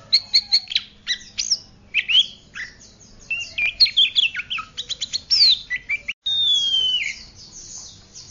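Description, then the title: Oriental magpie-robin singing a varied, rapid run of sharp whistled notes and chirps, mostly high, with a long clear falling whistle near the end. "Kacer"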